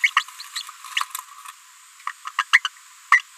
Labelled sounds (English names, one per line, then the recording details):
Green-rumped Parrotlet babbling
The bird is a female
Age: 30 days
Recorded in a nest box in Venezuela
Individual 17B73B2